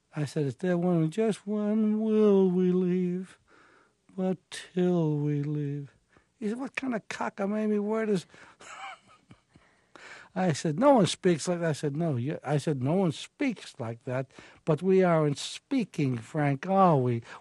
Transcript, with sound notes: I said they're wondering just when will we leave. But till we leave. He said what kind of cockamamie word is...
(LAUGHTER)
I said no one speaks like that. I said no. I said no one speaks like that, but we aren't speaking, Frank, are we?